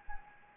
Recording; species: mosquito wingbeat signal from an infrared sensor; Anopheles gambiae